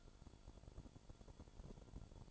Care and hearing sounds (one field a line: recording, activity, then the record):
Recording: daily activity, microphone in the room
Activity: take from stove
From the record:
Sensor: 5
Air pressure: 1008.2 hPa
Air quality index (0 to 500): 115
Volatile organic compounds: 1 ppm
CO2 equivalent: 890 ppm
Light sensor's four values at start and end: 29/60/26/28 and 30/62/27/28